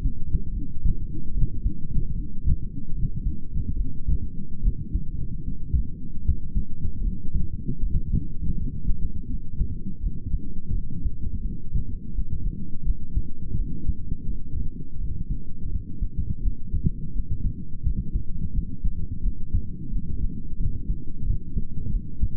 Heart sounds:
heart sounds by stethoscope; 81 bpm
0.53 s: heartbeat
1.33 s: heartbeat
2.15 s: heartbeat
2.94 s: heartbeat
3.76 s: heartbeat
4.63 s: heartbeat
5.47 s: heartbeat
6.25 s: heartbeat
7.03 s: heartbeat
7.82 s: heartbeat
8.57 s: heartbeat
9.30 s: heartbeat
10.02 s: heartbeat
10.74 s: heartbeat
11.45 s: heartbeat
12.15 s: heartbeat
12.86 s: heartbeat
13.58 s: heartbeat
14.30 s: heartbeat
15.00 s: heartbeat
15.71 s: heartbeat
16.43 s: heartbeat
17.16 s: heartbeat
17.85 s: heartbeat
18.54 s: heartbeat
19.24 s: heartbeat
19.93 s: heartbeat
20.60 s: heartbeat
21.26 s: heartbeat
21.93 s: heartbeat
From the record:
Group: healthy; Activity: light exercise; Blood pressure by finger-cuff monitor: 128/63 mmHg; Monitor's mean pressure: 80 mmHg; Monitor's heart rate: 82 bpm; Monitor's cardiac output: 8.1 L/min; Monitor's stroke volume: 99 mL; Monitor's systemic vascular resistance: 710 dyn s/cm5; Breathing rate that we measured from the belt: 20 breaths a minute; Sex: male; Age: 22 years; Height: 181 cm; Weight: 79 kg

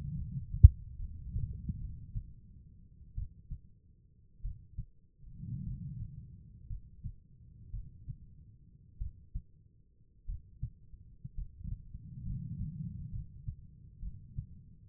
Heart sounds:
heart sounds by stethoscope; 56 bpm
0.15 s: heartbeat
0.97 s: heartbeat
1.79 s: heartbeat
3.15 s: heartbeat
4.42 s: heartbeat
5.64 s: heartbeat
6.68 s: heartbeat
7.71 s: heartbeat
8.98 s: heartbeat
10.26 s: heartbeat
11.35 s: heartbeat
12.24 s: heartbeat
13.11 s: heartbeat
14.00 s: heartbeat
From the record:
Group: healthy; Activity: rest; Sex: female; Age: 36 years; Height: 163 cm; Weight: 88 kg

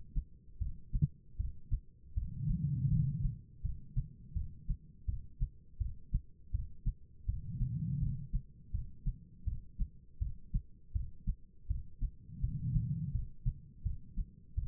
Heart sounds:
heart sounds by stethoscope; 82 bpm
0.59 s: heartbeat
1.37 s: heartbeat
2.14 s: heartbeat
2.89 s: heartbeat
3.62 s: heartbeat
4.34 s: heartbeat
5.06 s: heartbeat
5.78 s: heartbeat
6.52 s: heartbeat
7.26 s: heartbeat
7.99 s: heartbeat
8.72 s: heartbeat
9.45 s: heartbeat
10.19 s: heartbeat
10.93 s: heartbeat
11.68 s: heartbeat
12.41 s: heartbeat
13.12 s: heartbeat
13.83 s: heartbeat
14.55 s: heartbeat
From the record:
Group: healthy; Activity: rest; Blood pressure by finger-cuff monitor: 167/110 mmHg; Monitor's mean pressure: 129 mmHg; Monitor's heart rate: 82 bpm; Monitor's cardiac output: 5 L/min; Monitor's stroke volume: 61 mL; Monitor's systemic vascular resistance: 1940 dyn s/cm5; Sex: female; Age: 51 years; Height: 162 cm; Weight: 70.04 kg

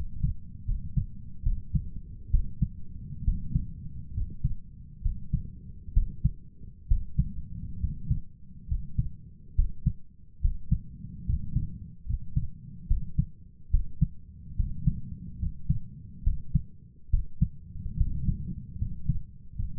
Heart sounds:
heart sounds by stethoscope; 70 bpm
0.64 s: heartbeat
1.42 s: heartbeat
2.30 s: heartbeat
3.24 s: heartbeat
4.13 s: heartbeat
5.01 s: heartbeat
5.93 s: heartbeat
6.87 s: heartbeat
7.79 s: heartbeat
8.67 s: heartbeat
9.54 s: heartbeat
10.40 s: heartbeat
11.25 s: heartbeat
12.05 s: heartbeat
12.86 s: heartbeat
13.70 s: heartbeat
14.55 s: heartbeat
15.38 s: heartbeat
16.23 s: heartbeat
17.09 s: heartbeat
17.96 s: heartbeat
18.77 s: heartbeat
19.55 s: heartbeat
From the record:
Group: healthy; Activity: rest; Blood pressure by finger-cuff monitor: 104/68 mmHg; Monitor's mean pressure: 77 mmHg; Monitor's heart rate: 70 bpm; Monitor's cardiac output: 6.3 L/min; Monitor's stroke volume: 90 mL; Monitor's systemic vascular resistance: 880 dyn s/cm5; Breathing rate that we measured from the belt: 16 breaths a minute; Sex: male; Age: 23 years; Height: 178 cm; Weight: 96.6 kg

